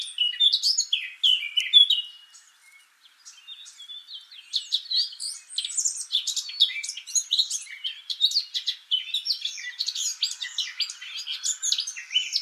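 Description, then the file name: Eurasian blackcap song, a busy rambling warble of scratchy twitters and quick slurred notes, a quieter stretch after the first two seconds, then steady chattering to the end. "Sylvia atricapilla"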